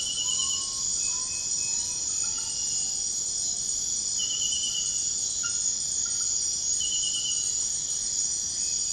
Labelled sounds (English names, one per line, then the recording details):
none
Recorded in pastures near Puerto Asís, Putumayo, Colombia, on 13 March 2025 at 00:30
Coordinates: 0.502, -76.324
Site GP07